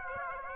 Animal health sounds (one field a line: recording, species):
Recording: mosquito wingbeat signal from an infrared sensor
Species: Aedes aegypti